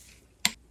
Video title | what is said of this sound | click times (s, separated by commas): Mercruiser mercury upper unit FULL rebuild - EVERYTHING | As you heard there, that clicked, | 0.5 s